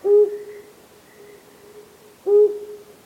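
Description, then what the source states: Flammulated Owl hoots: two short, low notes about two seconds apart, over quiet background hiss. Tiny raptor with streaky feathers and a flash of orange.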